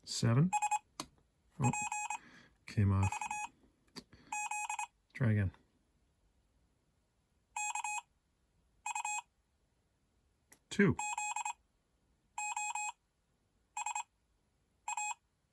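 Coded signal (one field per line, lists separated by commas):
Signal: Morse code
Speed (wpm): 26 wpm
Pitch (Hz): 840 Hz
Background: speech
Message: SPVZ KU ZOSA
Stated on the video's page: Morse practice groups generated by a modified Datong D70 Morse tutor, altered to give random word lengths instead of the default five-character groups.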